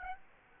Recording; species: mosquito wingbeat signal from an infrared sensor; Aedes aegypti